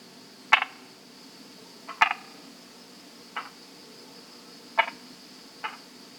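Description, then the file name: Brauer's tree frog croaking several times at uneven intervals, each call a brief harsh burst of clicks, with a thin continuous high whine behind. "Polypedates braueri"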